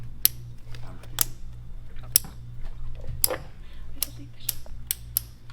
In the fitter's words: Just You hear the click, like ASMR Yeah. videos?